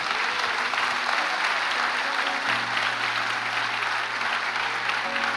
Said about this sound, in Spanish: Dele otro aplauso a Jesús.